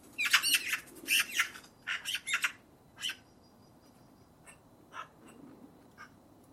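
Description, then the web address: Eurasian magpie uttering loud, harsh rattling chatter in dense bursts at first, fading to sparse quieter squawks toward the end. "birddata Deverinetal 2025"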